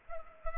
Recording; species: mosquito wingbeat signal from an infrared sensor; Culex pipiens